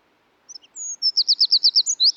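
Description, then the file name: Eurasian wren song opening with a few thin high notes, a drawn whistle, then a fast run of sharp, evenly repeated high chips. "British Library - European Wren Troglodytes troglodytes"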